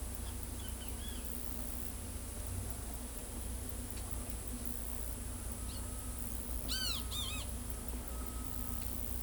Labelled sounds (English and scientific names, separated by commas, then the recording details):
Great Kiskadee (Pitangus sulphuratus)
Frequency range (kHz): Great Kiskadee (Pitangus sulphuratus) 0.8-13.0 kHz
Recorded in pastures near Pivijay, Magdalena, Colombia, on 2 June 2023 at 14:30
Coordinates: 10.456, -74.369
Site P6-G026